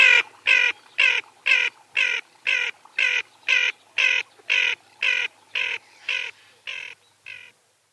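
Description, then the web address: Ferruginous duck uttering a steady run of about fifteen rasping, nasal notes, roughly two per second, fading slightly toward the end. "Uzbek hayvonlar. Aythya nyroca"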